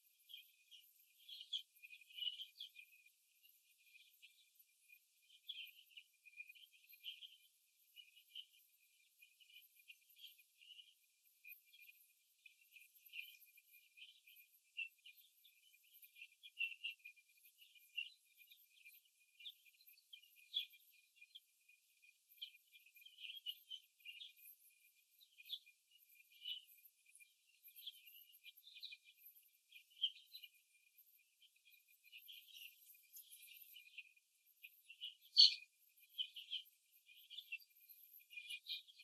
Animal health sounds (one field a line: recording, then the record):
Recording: young laying hens in a cage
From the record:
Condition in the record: before the stressor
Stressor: simulated dog barking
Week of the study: 2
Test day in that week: 3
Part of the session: 3